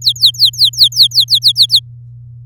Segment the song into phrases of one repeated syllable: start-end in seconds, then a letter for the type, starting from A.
0.01-1.80 A